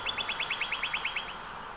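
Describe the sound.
Northern Cardinal trill: a rapid, evenly spaced run of about a dozen short sliding notes.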